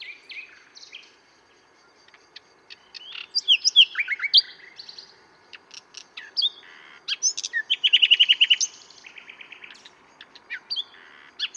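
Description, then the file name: Common nightingale singing varied phrases of clicks and slurred whistles, with a fast rhythmic trill around eight seconds, then softer notes. "Luscinia megarhynchos"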